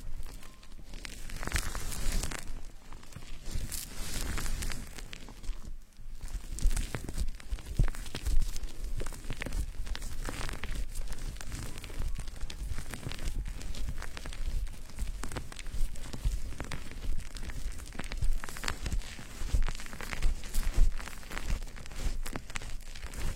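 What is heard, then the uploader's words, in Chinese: Fingers scratch through a foamy, lathered scalp during a hair wash, making a dense, continuous crackle of wet bubbles and squishing. The rubbing keeps an even, busy pace, with a brief pause around six seconds before it resumes steadily. 洗头发 纯泡沫挠头音。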